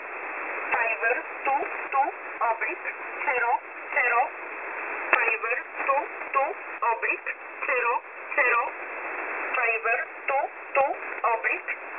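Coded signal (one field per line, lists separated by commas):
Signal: numbers station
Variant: E11 Oblique, English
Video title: E11 Oblique 07/07/2024 2000 UTC 5409kHz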